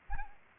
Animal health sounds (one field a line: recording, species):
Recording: mosquito wingbeat signal from an infrared sensor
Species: Anopheles arabiensis